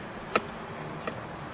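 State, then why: Torque reached. A break-off shear bolt in the ignition lock housing on the steering column of a 2008 Ford Escape / Mercury Mariner is tightened until its head snaps off at the set torque. A sharp snap is heard at 0.4 s, followed by a fainter tick at 1.1 s over low background noise. The bolt head shears off as intended.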